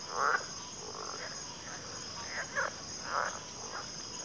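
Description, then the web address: Cricket chorus, an even high trill, with a few short calls spaced irregularly. Cricket chorus in a backwater. "WLL Grade 1-12 Pre-Uni Library Enter Natures Songs Sleep Sounds of Nature CRICKETS 03 Backwater Chorus"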